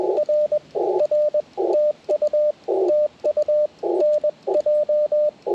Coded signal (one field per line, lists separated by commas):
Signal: Morse code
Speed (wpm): 21 wpm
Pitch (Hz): 600 Hz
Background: radio noise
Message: R R TU TU NJ